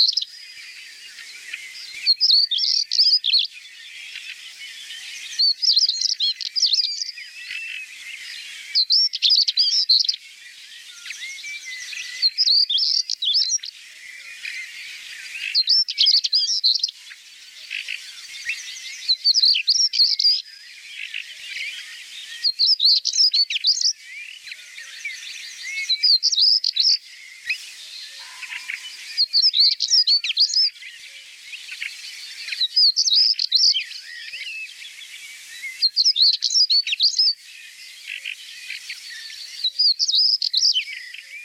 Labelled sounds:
European Stonechat (Saxicola rubicola) song
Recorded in the wild
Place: Waltershofen / Freiburg im Breisgau, Baden-Württemberg, DE
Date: 1979-05-10
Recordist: Schwarz, Dieter
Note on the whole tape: Song

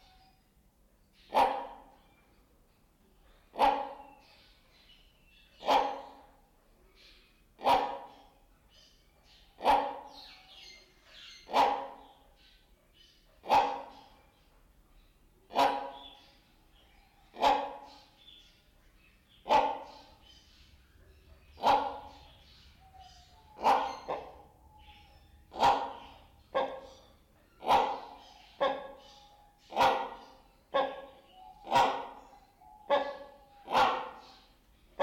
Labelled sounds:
Great Hornbill (Buceros bicornis)
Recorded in captivity
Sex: pair
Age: adult
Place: Zoo Berlin, Berlin, DE
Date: 1992-12-05 10:54
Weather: schwach sonnig, ca. 4°C
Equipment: Marantz CP 430, Sennheiser ME 80, Kopie Tesla B 116
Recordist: Tembrock, Günter

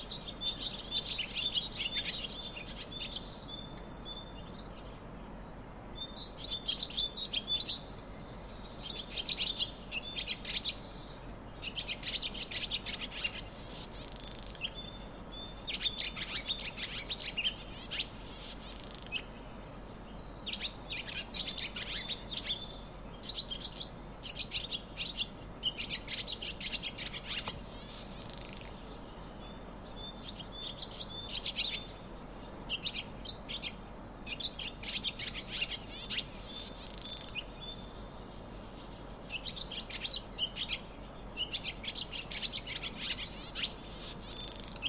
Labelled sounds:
Barn Swallow (Hirundo rustica)
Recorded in the wild
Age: adult
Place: Untertweng, AT
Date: 1972-05-12
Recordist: Brunner, Thomas

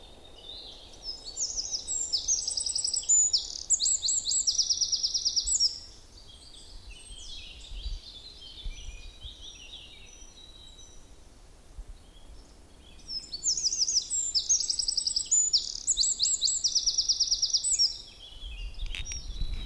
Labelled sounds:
Eurasian Wren (Troglodytes troglodytes)
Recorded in the wild
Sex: male
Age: adult
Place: Müggelsee, Berlin, DE
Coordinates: 52.43, 13.64
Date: 1990-04-20
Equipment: Uher 4400 Report Monitor, Sennheiser ME 80, K 30 AV
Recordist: Fischer, Stefan

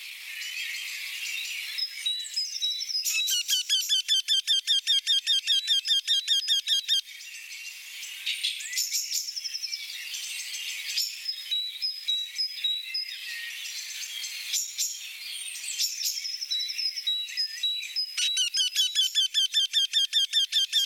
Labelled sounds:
Eurasian Wryneck (Jynx torquilla) song
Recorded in the wild
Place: Lehen / Freiburg im Breisgau, Baden-Württemberg, DE
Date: 1975-04-27
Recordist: Schwarz, Dieter

